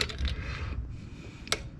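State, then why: Torque reached. A click-type torque wrench tightens another valve cover bolt on a 2011 GMC Sierra's 5.3L V8, part of a fix for oil loss. A few short metallic ticks sound near the start over low rumble, then the wrench gives a sharp click at 1.5 s as it reaches its setting.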